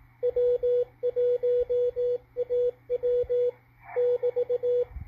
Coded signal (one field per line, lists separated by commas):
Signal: Morse code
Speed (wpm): 18 wpm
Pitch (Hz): 490 Hz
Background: radio noise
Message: W1AW <BT>